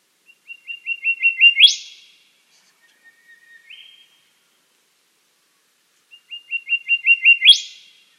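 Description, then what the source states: Western Whistler song: a run of clear whistled notes quickening into a sharp upswept whipcrack, a softer flat whistle sliding upward between, then the phrase repeats. Recorded at Dryandra Woodland National Park, Western Australia, on Wiilman Country; call quite similar to the Golden Whistler.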